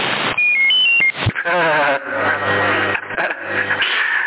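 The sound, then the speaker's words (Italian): A quick stepped electronic CB radio roger beep of a few tones, rising and falling in pitch, sounds over a narrow, radio-like channel in Sassari before a voice starts talking over a steady low hum. “E va bene, e non funziona, né per l'ascolto nel bip.”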